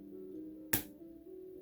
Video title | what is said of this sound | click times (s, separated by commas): Seige/Earthrise Astrotrain: With Triple Changing Action!: WfC: Blindformers 13 Action | and that a nice snap nope that one snapped twice all right so | 0.7 s